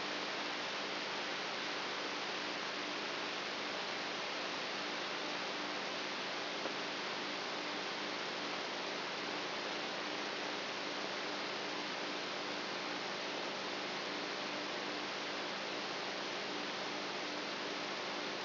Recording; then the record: brain microelectrode recording played as sound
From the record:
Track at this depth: outside the subthalamic nucleus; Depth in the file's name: 6.84 mm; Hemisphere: right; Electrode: 3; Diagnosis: Parkinson's disease